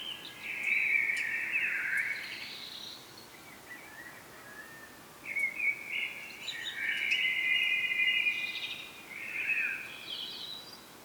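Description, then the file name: Common blackbird giving a run of warbling, slightly scratchy phrases, several in succession with short gaps between them, over a soft background hiss. "Turdus merula"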